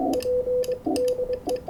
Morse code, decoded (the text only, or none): P DE